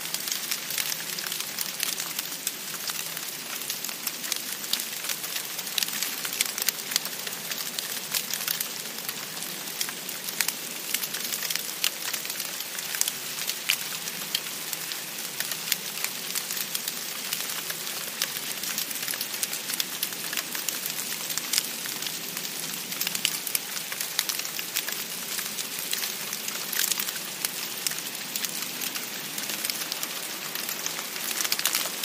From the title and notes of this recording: The first snow of the season falls to the ground, ground which is not yet cold enough to keep the snow for long. The snow falls in large wet clumps onto the grass and leaves of the landscape.